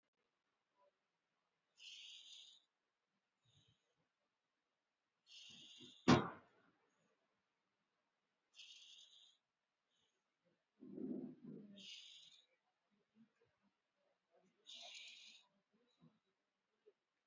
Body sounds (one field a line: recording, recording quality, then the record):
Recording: deep breathing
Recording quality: excellent, no background noise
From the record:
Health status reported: healthy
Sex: male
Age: 39 years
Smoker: no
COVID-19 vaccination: one dose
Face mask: worn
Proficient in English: yes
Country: India